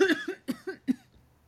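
A quick run of about five short, voiced coughs in close succession from an adult woman with a cough that has lasted about three weeks, in a quiet room.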